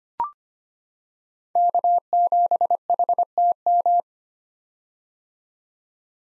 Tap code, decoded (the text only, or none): none